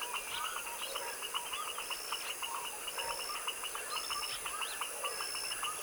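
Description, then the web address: Frog chorus of many callers giving quick repeated chirps and short rising and falling notes, with a thin high whistle now and then. Tropical wetland swamp in the evening at dusk; chorus of foaming frogs. "Sonniss - GDC 2017-Game Audio Bundle Articulated Sounds - Tropical Ambiences TROPICAL Wetland swamp evening foaming frog dusk chorus"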